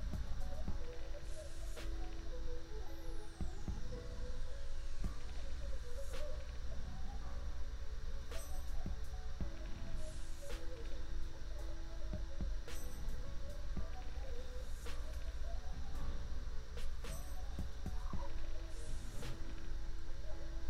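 A laptop fan hums steadily underneath a looping lofi beat, with a soft kick thumping low and crisp hits falling at regular intervals about every two seconds. Light keyboard tapping ticks in irregularly throughout, and a held tonal line runs through the middle.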